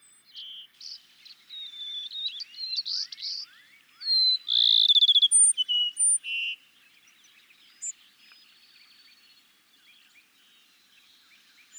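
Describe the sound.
Cassin's sparrow song with a trilled phrase and sustained whistles, among a busy background of chattering and twittering.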